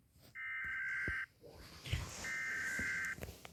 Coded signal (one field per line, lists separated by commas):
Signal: Emergency Alert System (SAME) tones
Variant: header bursts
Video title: Rating Emergency alert systems from all contruys.(Part 1)